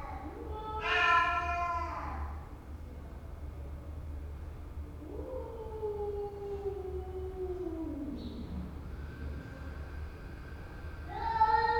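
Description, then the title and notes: Cat meows, a loud harsh wail at the start, then a long low moan sliding downward, another cry beginning at the end; low hum throughout. Two cats recorded in the stairwell of a house in Istanbul, Turkey, in the morning; haunting plaintive meowing as a lament to avoid coming to a fight. "Istambul, Istanbul, Turquie - Cats in the stairwell - Chats dans l'escalier. Istanbul est une ville de chats, ce matin j'en ai enregistré deux dans la cage d'escalier de la maison. C'est lancinant, la complainte pour ne pas aller jusqu'à l'affrontement"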